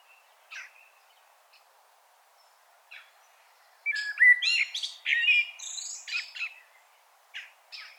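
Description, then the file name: Common blackbird song, a few scattered soft chips, then a single warbled phrase of low fluted notes running into a squeaky high twitter, followed by more faint chips. "Turdus merula"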